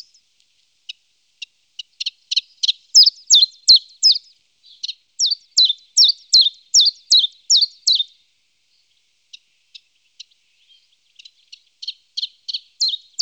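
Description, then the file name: Common chiffchaff song: scattered faint ticks build into bright, evenly paced high notes, then a pause, then quiet clicks and a final burst of song notes. "Phylloscopus Collybita"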